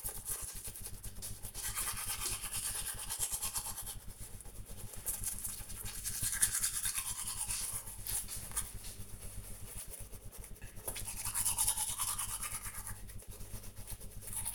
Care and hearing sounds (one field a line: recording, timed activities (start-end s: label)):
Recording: household activities, microphone on the right wrist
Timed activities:
0.00-14.55 s: brushing teeth